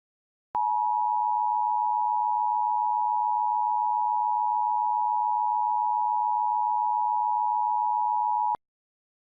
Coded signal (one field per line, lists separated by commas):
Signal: Emergency Alert System (SAME) tones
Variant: 853 and 960 Hz attention tone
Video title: EAS | Flash Flood Emergency (4/18/2016)